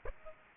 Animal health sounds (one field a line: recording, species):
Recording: mosquito wingbeat signal from an infrared sensor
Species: Aedes aegypti